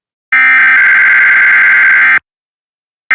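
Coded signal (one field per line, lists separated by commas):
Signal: Emergency Alert System (SAME) tones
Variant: header bursts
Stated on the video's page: Mock weekly EAS tests from fictional station products.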